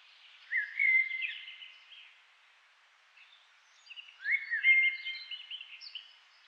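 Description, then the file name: Eurasian blackbird song: a fluty whistled phrase, a pause of about two seconds, then another mellow phrase with twittery, higher notes at its end. "Turdus merula"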